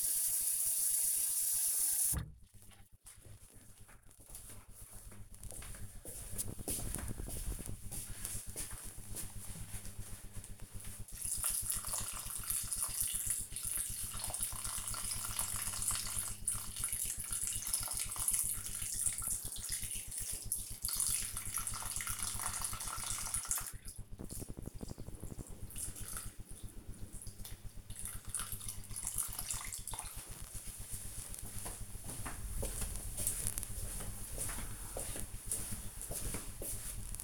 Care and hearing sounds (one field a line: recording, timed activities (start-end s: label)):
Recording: household activities, microphone on the right wrist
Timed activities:
0.00-37.24 s: watering plant